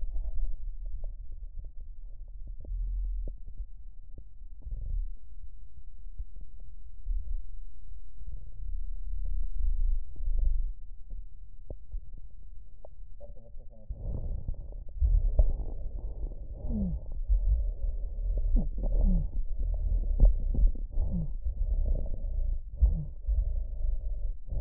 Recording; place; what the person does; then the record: lung sounds by stethoscope; right posterior basal chest; quiet breathing, then deep breathing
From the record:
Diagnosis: interstitial lung disease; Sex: male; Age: 82 years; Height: 158 cm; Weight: 49 kg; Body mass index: 19.6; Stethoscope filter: extended mode